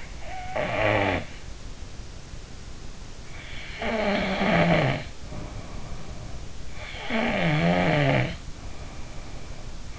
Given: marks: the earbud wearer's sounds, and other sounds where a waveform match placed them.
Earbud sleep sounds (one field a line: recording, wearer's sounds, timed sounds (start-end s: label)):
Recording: sounds in sleep by an in-ear microphone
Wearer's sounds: snoring breath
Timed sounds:
0.00-1.32 s: snoring breath
3.76-6.53 s: snoring breath
7.08-9.83 s: snoring breath